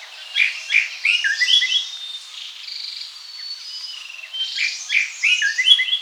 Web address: Greater Racket-Tailed Drongo Song